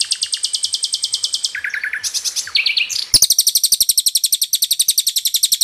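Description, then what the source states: Bird song of fast, evenly repeated high notes, switching abruptly between several phrase types at different pitches. Used as training material to teach songbirds.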